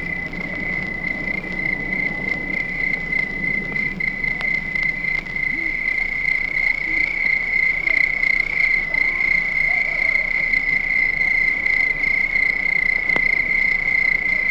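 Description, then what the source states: Crickets give a continuous, high, even trill that never pauses, with faint low rumbling and occasional soft clicks underneath. At night.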